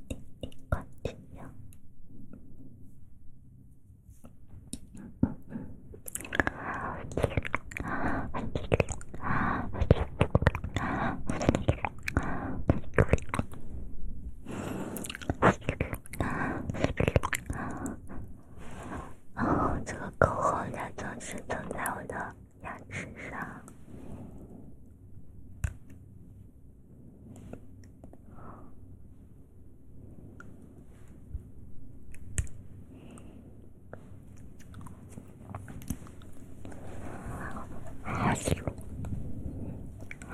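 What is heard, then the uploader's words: Mouth sounds, wet clicks, smacks and chewing-like bursts packed densely through the first twenty-odd seconds, loudest between about 6 and 22 seconds. After that the activity thins to scattered softer clicks and breaths, with a brief busier flurry near the end. ASMR Christmas Special Edition, Mouth Sounds.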